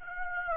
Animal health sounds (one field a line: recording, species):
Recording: mosquito wingbeat signal from an infrared sensor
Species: Aedes aegypti